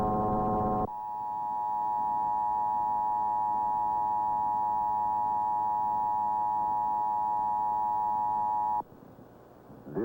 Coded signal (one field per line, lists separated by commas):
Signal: Emergency Alert System (SAME) tones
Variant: 853 and 960 Hz attention tone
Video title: Emergency Alert System Required Monthly Test (July 27, 1999)